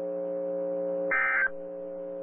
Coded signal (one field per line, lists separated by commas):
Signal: Emergency Alert System (SAME) tones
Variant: end-of-message bursts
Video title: EAS Timeline: Historic EF-4 Wedge Tornado Strikes Winterset, Iowa NOAA Weather Radio